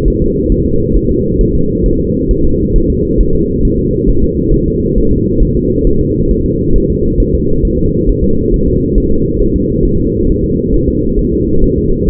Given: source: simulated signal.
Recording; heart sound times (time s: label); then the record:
fetal heart sounds
0.08 s: S1
0.22 s: S2
0.52 s: S1
0.66 s: S2
0.96 s: S1
1.11 s: S2
1.41 s: S1
1.55 s: S2
1.86 s: S1
2.00 s: S2
2.31 s: S1
2.45 s: S2
2.76 s: S1
2.90 s: S2
3.20 s: S1
3.35 s: S2
3.65 s: S1
3.79 s: S2
4.09 s: S1
4.24 s: S2
4.54 s: S1
4.68 s: S2
4.98 s: S1
5.12 s: S2
5.43 s: S1
5.57 s: S2
5.87 s: S1
6.01 s: S2
6.31 s: S1
6.45 s: S2
6.76 s: S1
6.90 s: S2
7.20 s: S1
7.34 s: S2
7.65 s: S1
7.79 s: S2
8.09 s: S1
8.24 s: S2
8.54 s: S1
8.68 s: S2
8.98 s: S1
9.12 s: S2
9.41 s: S1
9.56 s: S2
9.85 s: S1
10.00 s: S2
10.30 s: S1
10.44 s: S2
10.74 s: S1
10.88 s: S2
11.19 s: S1
11.33 s: S2
11.64 s: S1
11.78 s: S2
12.09 s: S1
From the record:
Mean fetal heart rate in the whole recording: 135 bpm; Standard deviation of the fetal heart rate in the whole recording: 3 bpm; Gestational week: 36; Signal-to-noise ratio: -16.4 dB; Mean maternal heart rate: 72 bpm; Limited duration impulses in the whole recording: present